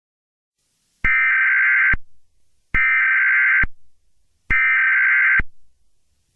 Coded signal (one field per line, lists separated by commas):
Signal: Emergency Alert System (SAME) tones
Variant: header bursts